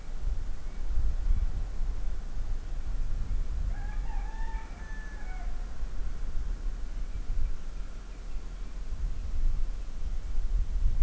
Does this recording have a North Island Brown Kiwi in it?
no